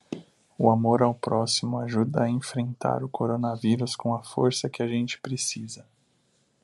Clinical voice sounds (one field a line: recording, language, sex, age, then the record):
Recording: spoken sentence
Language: Brazilian Portuguese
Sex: male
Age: 30 to 39 years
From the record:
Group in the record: control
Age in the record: 31 years